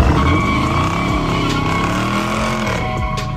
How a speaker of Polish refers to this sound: To wyścigi samochodowe na drogach publicznych, a także kręcenie tak zwanych bączków, czyli wprowadzenie samochodów w drift.